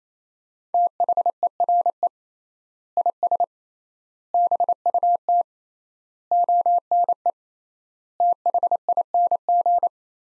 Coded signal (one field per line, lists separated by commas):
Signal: Morse code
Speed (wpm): 27 wpm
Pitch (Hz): 700 Hz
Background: none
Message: THERE IS BUT ONE THING